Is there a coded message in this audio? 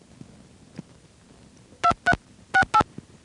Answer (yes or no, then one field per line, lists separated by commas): yes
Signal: DTMF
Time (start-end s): 1.8-2.8 s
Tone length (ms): 80 ms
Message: 23 68